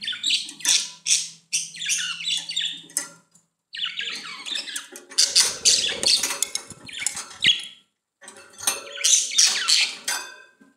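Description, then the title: Budgerigar warbling in quick chattering bursts of squeaky, buzzy notes, pausing briefly twice between phrases. "Budgie Sounds"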